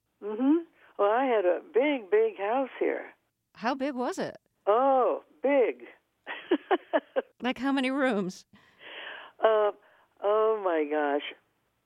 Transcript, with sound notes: Well, I had a big, big house here.
How big was it?
Oh, big (laughter).
Like, how many rooms?
Oh, my gosh